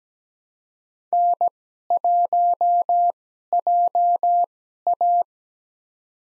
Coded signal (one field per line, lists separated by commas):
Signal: Morse code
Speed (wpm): 17 wpm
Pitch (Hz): 700 Hz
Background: none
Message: N1JA